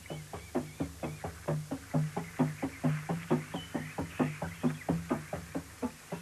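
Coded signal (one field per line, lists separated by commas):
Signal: drum signal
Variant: garamut slit drums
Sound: rapid even wooden drum strokes, about four per second, low resonant pitch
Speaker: Desde el interior del piso superior de esta casa Tambarán, piso al que solo tienen acceso los que han pasado por la ceremonia de la iniciación, las voces de 2 tambores garamut están convocando asamblea.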